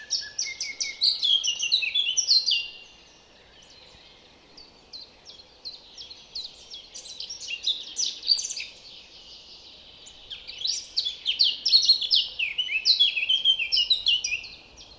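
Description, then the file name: Eurasian blackcap song: quick, varied warbling phrases of high, bright notes, a short pause near three seconds, then more rich warbling. "Sylvia atricapilla"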